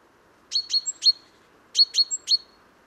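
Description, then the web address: Great tit calls: two quick groups of three sharp chip notes with a short thin whistle, the groups about a second apart, on a quiet background. "SETE data Parus major"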